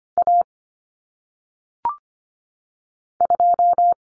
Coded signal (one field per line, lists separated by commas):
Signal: Morse code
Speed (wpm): 25 wpm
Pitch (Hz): 700 Hz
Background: none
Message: A 2